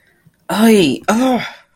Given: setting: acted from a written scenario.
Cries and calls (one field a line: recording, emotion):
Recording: vocal sound without words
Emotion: pain